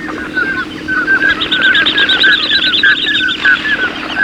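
Birds singing: whistled notes mixed with a fast, rolling high trill that runs for most, over a low steady hum.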